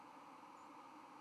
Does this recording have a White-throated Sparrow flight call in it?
no